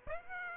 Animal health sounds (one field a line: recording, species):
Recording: mosquito wingbeat signal from an infrared sensor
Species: Aedes aegypti